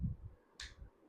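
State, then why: Seated. A white desk lamp's head is swung front to back on its swing arm, and the arm clicks into the middle detent position of its hinge at 0.6 s. The click is a short, sharp "tak" knock. Low thumps are heard before and after it.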